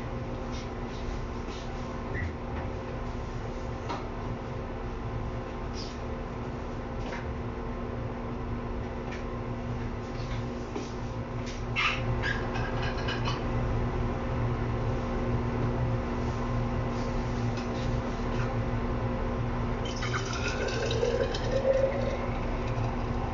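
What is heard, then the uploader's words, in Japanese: Kitchen noises: a steady low hum with a constant tone underneath, scattered clicks and clatters throughout, growing busier and louder after twenty seconds. キッチンでの物音をお送りします。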